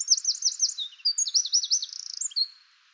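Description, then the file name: Eurasian wren song, a shrill cascade of rolling trills with a brief dry rattle toward the end. "Troglodytes troglodytes"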